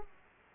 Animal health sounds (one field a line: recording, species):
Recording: mosquito wingbeat signal from an infrared sensor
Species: Aedes aegypti